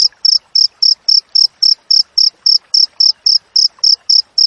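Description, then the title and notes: Cricket giving loud, high, pulsed chirps spaced evenly about four times a second, with faint noise underneath. Wild crickets with tightly spaced chirps, used for training songbirds and for repelling rats. "Masteran Jangkrik Alam Jernih, Jeda Rapat Cocok Untuk Masteran Burung Dan Mengusir Tikus. suara jangkrik"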